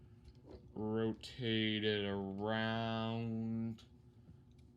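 Someone talks while rotating the plastic forearm armor flap of a Transformers Studio Series 86-04 1986 Hot Rod transforming action figure, handling it before folding it up to lock closed and reveal a weapon peg. Only faint handling noise sits under the voice, and nothing has seated or clicked yet.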